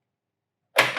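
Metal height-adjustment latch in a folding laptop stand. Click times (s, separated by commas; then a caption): 0.8 s. The metal height-adjustment latch of an Amkette Ergo folding laptop stand slides back as the stand is lifted a little and drops into the next adjustment notch. After near silence, a sharp metallic click lands at 0.8 s, followed by a short rattly, broadband tail that runs to the end of the clip. The latch seats in the next height level.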